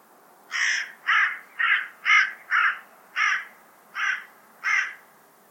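Bird uttering a quick series of eight short, harsh caws, about two per second, slightly uneven in spacing.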